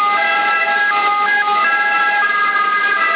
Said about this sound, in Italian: C'è un'ambulanza in Kiwi. No, è proprio entrata qua dietro.